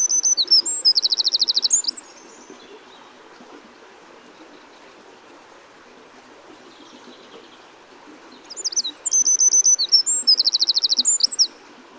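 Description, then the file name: Eurasian wren singing two loud phrases about eight seconds apart, each a fast high-pitched string of sharp notes and a quick buzzy trill, with near silence between. "Troglodytes troglodytes"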